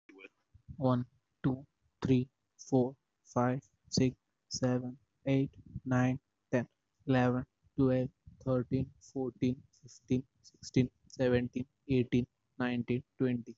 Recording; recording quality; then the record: counting at a normal pace; excellent, no background noise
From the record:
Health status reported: healthy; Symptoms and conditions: none ticked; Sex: male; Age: 20 years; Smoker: not ticked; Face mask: not worn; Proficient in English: yes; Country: India